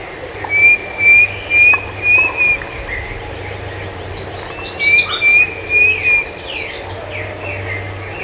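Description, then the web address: Bird calls: two runs of several bright whistled notes, each slightly rising, with faint scattered chirps between the runs. "BIRD 2015 SABIOD 50 bird 2015"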